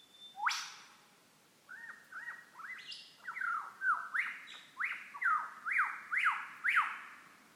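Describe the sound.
Lyrebird song: a loud opening note, then a series of arched, bouncing notes that grow louder and higher, about twice a second.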